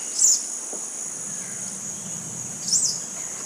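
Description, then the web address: Yellow-bellied dacnis giving two brief, very high thin call notes about two and a half seconds apart, over a steady high insect drone. Calls recorded in the eastern lowlands of South America. "Natures Songs S America Eastern Lowlands Dacnis flaviventer, calls"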